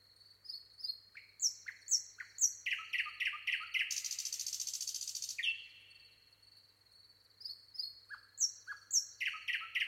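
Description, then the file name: Common nightingale song in two bursts: whistles and a run of repeated sharp notes ending in a loud buzzy rattle, a quiet gap, then more varied chirps. "Luscinia megarhynchos"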